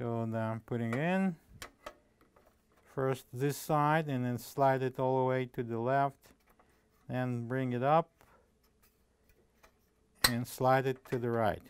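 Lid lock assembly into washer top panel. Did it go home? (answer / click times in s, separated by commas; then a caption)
no / none. Someone talks while a GE washer lid lock assembly from kit WH08X32697 is inserted on one side into the washer top panel, slid all the way to the left and brought up into position, with a few faint, brief handling ticks between the speech. The lock is only being moved and lined up, before it is slid right to click home; nothing has clicked or seated yet.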